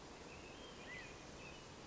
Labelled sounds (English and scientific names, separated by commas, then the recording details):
California Quail (Callipepla californica)
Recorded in Sonoma County, California